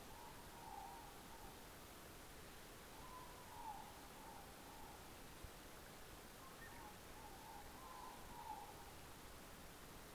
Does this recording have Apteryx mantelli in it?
no